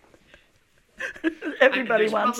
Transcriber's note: laughs hard